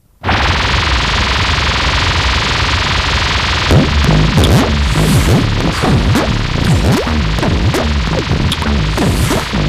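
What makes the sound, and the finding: Synthesized noise and tones (simulator). Tinnitus simulation.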